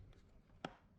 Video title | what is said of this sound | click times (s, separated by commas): Miarco 365 build | turn it and lock it, and then lock the pin. | 0.7 s